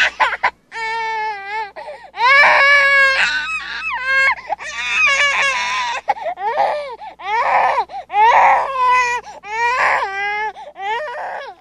The sound of a crying baby.